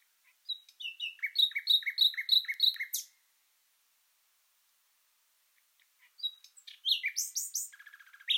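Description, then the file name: Common nightingale song: a rapid run of repeated chirped notes, then a sharp upsweep, a pause, and a second burst of varied whistled and rattling phrases. "Luscinia megarhynchos"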